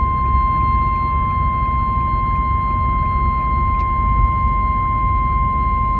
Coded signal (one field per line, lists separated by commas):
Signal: Emergency Alert System (SAME) tones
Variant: 1050 Hz attention tone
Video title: EAS 144: TORNADO WARNING for Trumbull Ohio